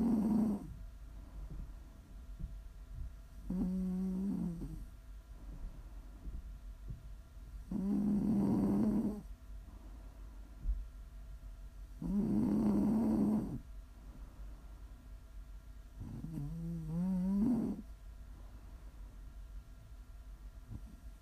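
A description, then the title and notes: Steady snoring repeats every four to five seconds, each low rattling inhale swelling then fading into quiet breathing over a faint background hum. Prime ASMR snoring.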